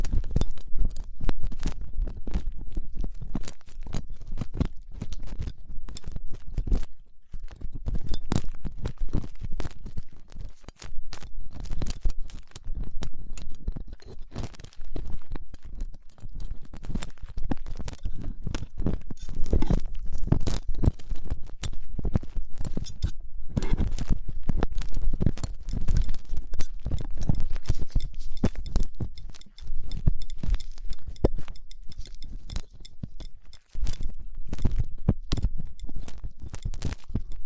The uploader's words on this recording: ASMR 3Dio Ear Cleaning Latex Gloves, Dental Pick, Cotton Swabs (No Talking).